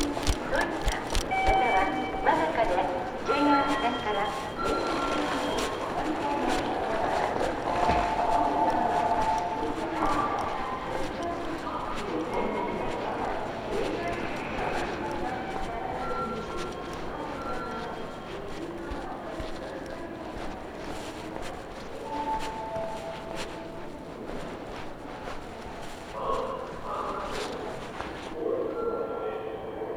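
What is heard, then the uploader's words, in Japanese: A local train on the Iida Line runs from Toyohashi toward Toyokawa, with a steady, dense rumble full of clatter and scattered knocks. Murmured voices and brief tones drift through; a sharp knock lands near 8 seconds, and the din eases slightly later on. 飯田線 各駅停車 豊橋→豊川。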